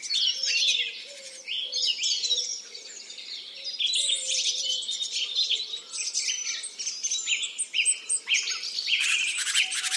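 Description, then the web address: Birds warbling and twittering in a thick, high chorus, with a few soft low hoots and brief sharp trills near the end. Forest in the Urals. "cantando na floresta dos urais colecao de cantos de passaros"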